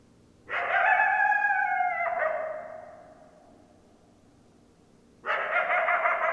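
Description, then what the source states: Coyote howling: a long tonal wail with rich harmonics that slides slowly downward and fades, then a second howl starts abruptly near the end. Several coyotes, recorded 10 December 2012.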